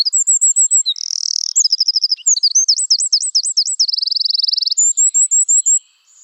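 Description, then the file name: Eurasian wren pouring out an energetic high song of rapid twitters, a buzzing trill, looping whistles and a long dry rattle, about six seconds long. "Troglodytes troglodytes"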